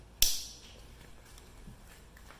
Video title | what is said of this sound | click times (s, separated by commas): 2018 Hyundai Elantra roof trim removal | sure you hear it click though | 0.2 s